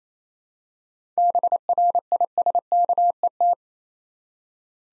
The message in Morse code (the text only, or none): BRISKET